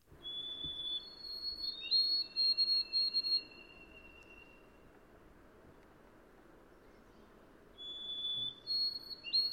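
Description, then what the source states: White-throated Sparrow song: clear whistled notes, a held note stepping up to a higher one, then a long lower held note; a second song begins near the end, over a soft steady background hiss. Song described as delicate, plaintive, a thin, wavering, tremulous whistle that ends when it seems only to have begun.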